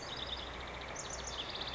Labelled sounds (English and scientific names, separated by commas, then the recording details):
House Wren (Troglodytes aedon)
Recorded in Sonoma County, California